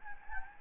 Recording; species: mosquito wingbeat signal from an infrared sensor; Anopheles gambiae